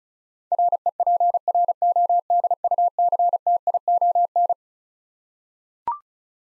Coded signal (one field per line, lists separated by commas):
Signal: Morse code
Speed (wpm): 36 wpm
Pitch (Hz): 700 Hz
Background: none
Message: REPRODUCTION